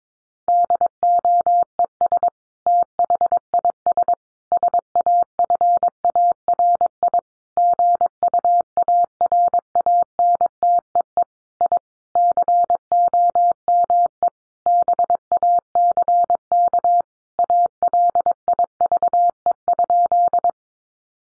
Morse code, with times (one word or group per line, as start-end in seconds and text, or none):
0.5-2.3 DOES
2.7-4.1 THIS
4.5-7.2 SAFARI
7.6-11.2 GUARANTEE
11.6-11.8 I
12.2-14.3 COME
14.7-17.0 BACK
17.4-20.5 ALIVE?